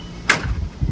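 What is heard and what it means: The metal slide latch on the second support arm of a Care Free RV awning is lowered, without going down too far, and snaps into the arm channel with a single sharp, loud metallic snap at 0.3 s. Softer low-frequency rustling and thumps follow. The awning arm is seated in place.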